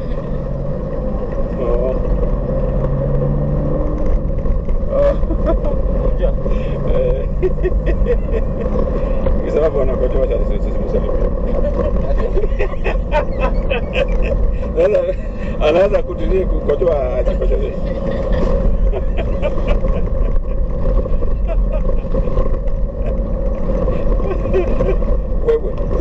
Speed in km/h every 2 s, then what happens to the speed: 20, 25, 27, 31, 35, 38, 38, 34, 35, 38, 40, 41, 36.
0-10 speeds up to 38. 10-15 steady at about 38. 15-22 speeds up to 41.